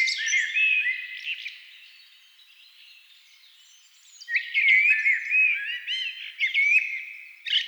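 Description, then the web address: Thrush song: a fluty phrase, a quiet lull, then a run of whistles and twitters. Several thrushes singing at dusk. "agykontroll CD 3-A természet hangjai Rigók szürkületkor"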